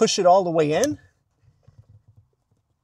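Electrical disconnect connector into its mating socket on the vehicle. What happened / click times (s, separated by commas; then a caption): The connector is being pushed in but has not clicked home yet / none. On a Fisker Ocean, a low-voltage/high-voltage disconnect connector is pushed toward its mating socket on the vehicle during a hard reset. Someone talks for the first second, followed by a few faint, soft handling taps between about 1.4 and 2.3 seconds. Nothing has seated or clicked yet.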